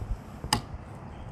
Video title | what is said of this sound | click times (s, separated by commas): How to Replace Windshield Wipers on a Car, Truck or SUV in SECONDS | and you hear the click, | 0.5 s